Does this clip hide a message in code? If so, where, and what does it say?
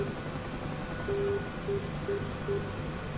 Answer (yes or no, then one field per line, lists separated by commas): no